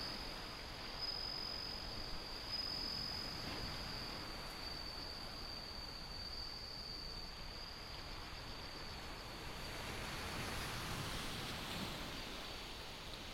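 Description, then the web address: Bell cricket ringing in short high bursts early on, then a softer continuous tone, against a loud, steady wash of wind and sea. Windy, with ocean sound. "windy scape osean sound suzumushi"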